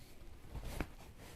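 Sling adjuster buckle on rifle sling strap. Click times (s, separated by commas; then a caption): 0.8 s. A sling adjuster buckle on a rifle sling strap is opened, giving one sharp click at 0.8 s over a quiet background. The buckle clicks open and is released.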